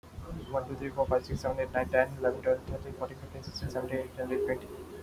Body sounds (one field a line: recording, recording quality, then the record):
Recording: counting at a fast pace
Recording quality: moderate, slight background noise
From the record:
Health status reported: healthy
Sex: male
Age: 26 years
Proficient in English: yes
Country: India